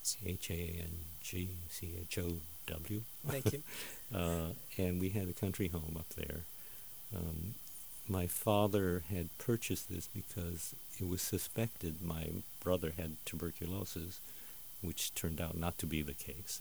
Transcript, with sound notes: H-A-N-G C-H-O-W.
Thank you. (chuckles)
and we had a country home up there. My father had purchased this because it was suspected my brother had tuberculosis, which turned out not to be the case.